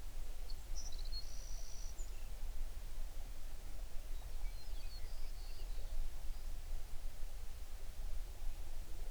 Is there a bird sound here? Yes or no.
yes